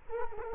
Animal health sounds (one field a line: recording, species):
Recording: mosquito wingbeat signal from an infrared sensor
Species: Culex quinquefasciatus